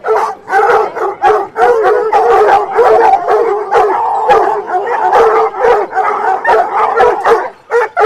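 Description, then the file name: Hounds in full cry, loud overlapping howls and yelping barks from several dogs, pausing only briefly now and then. Pack of hounds, recorded in 2011. "Meute 2011"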